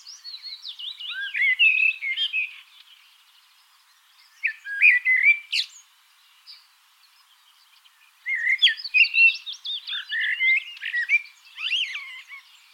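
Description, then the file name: Common blackbird singing: three bursts of mellow, slurred whistles mixed with high squeaky twitters, the last the longest, with quiet gaps between. "Turdus merula"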